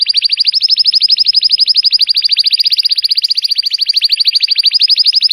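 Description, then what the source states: Canary (Belgian, red frosted): canary song: one sustained, very fast and even trill of high chirping notes lasting the whole time. Belgian canary, red frosted variety.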